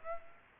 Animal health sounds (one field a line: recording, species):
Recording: mosquito wingbeat signal from an infrared sensor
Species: Aedes aegypti